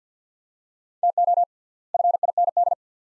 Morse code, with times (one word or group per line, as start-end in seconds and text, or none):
1.0-1.4 TO
1.9-2.7 FIND